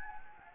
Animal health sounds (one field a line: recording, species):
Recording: mosquito wingbeat signal from an infrared sensor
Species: Anopheles gambiae